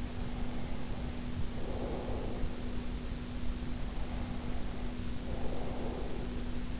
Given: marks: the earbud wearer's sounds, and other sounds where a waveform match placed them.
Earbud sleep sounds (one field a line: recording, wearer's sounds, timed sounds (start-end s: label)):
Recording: sounds in sleep by an in-ear microphone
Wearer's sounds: breath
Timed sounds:
0.00-3.11 s: breath
3.60-6.75 s: breath